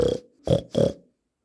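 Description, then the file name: Peafowl gives three harsh, nasal notes in a quick run before silence. "Pfau"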